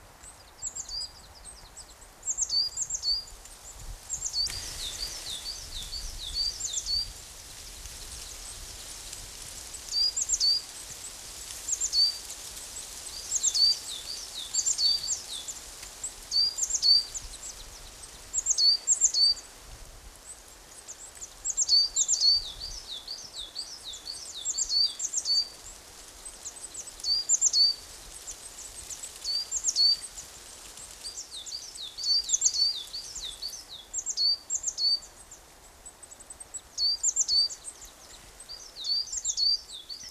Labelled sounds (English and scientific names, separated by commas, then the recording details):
Coal Tit (Periparus ater) song
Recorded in the wild
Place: Oberstdorf, Bayern, DE
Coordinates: 47.3661, 10.3014
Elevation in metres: 923
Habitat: mountains
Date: 1979-04-13
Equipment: Uher 4000 Report
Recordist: Tretzel, Erwin